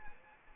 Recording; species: mosquito wingbeat signal from an infrared sensor; Anopheles arabiensis